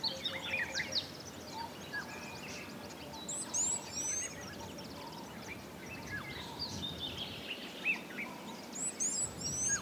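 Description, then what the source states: Birds twittering with scattered high chirps and short whistled phrases throughout, several overlapping, over a steady hiss. Calm ambience of African bush.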